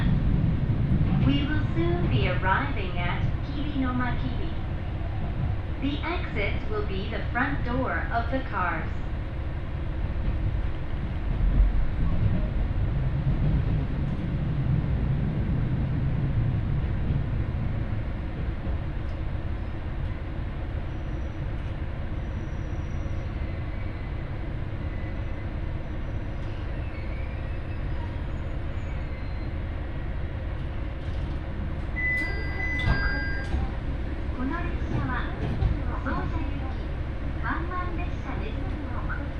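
Inside a train running between stations, a steady low rumble carries on while passengers talk early on, with faint brief chimes near the end.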